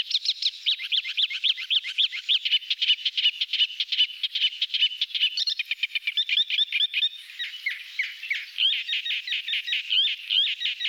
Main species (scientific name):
Iduna aedon